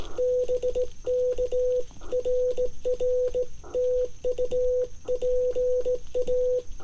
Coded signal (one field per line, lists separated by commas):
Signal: Morse code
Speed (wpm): 16 wpm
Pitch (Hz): 500 Hz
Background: none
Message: BK RR TU PA